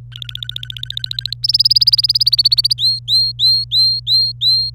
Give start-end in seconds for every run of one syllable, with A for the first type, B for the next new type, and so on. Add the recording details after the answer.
0.12-1.34 A, 1.43-2.74 B, 2.78-4.70 C. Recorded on 25 April 2018 at 17:46. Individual llb3